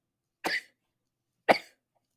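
A woman gives two short, sharp sneezes about a second apart, each lasting about a quarter second. There is no audible drawn-in breath before them, so they sound rather cough-like.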